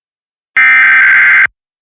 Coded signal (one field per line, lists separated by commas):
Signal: Emergency Alert System (SAME) tones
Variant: header bursts